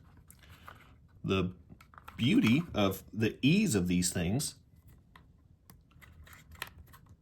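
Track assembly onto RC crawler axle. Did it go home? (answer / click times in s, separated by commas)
yes / 6.6 s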